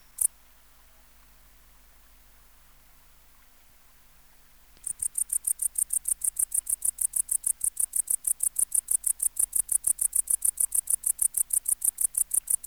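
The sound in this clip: Tettigonia hispanica bush-cricket song: one click, then nearly five seconds of quiet before a steady series of high, crisp ticking pulses begins and continues to the end.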